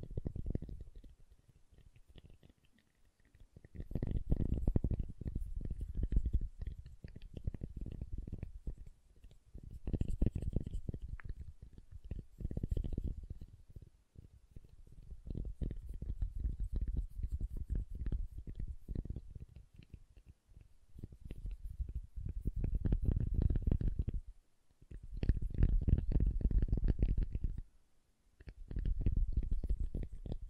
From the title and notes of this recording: ASMR SoftHard Soap Tapping and Carving (No Talking).